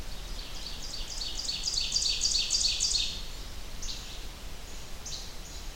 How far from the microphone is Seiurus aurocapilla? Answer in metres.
about 30 m